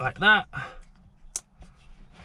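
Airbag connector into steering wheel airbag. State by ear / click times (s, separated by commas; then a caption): seated / 1.4 s. A second airbag connector is pushed into the steering wheel airbag and seats with a sharp click at 1.4 s. Someone talks just before the click.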